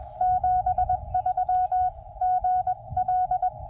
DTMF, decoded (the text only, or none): none